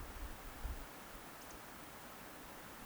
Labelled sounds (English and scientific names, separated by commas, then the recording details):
Eurasian Woodcock (Scolopax rusticola) whistle
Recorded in Baden-Württemberg, Germany, on 30 May 2021 at 20:02 UTC
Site 43323, 910 m above sea level